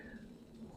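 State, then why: Not seated. A plastic power supply cable connector is handled against a motherboard power header while being pushed in toward its latch clip. Only a low steady hum and faint handling noise are heard, with no distinct click. The connector has not seated or clicked yet.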